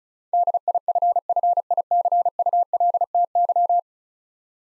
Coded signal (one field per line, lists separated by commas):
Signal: Morse code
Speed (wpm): 36 wpm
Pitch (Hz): 700 Hz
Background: none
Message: DIFFICULTY